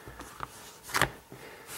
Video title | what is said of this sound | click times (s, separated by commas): Google Nexus 7 Cover Review | So it just pops into place, just snap it around the edge. | 0.4 s, 1.0 s